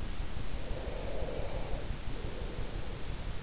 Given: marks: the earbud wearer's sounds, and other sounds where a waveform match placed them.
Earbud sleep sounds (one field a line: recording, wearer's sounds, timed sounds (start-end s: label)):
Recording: sounds in sleep by an in-ear microphone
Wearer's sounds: breath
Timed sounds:
0.55-3.30 s: breath